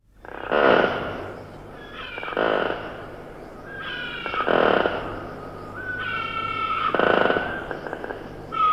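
Hyrax giving rasping bursts roughly every two seconds, interleaved with tonal harmonic wails, a constant low hum underneath.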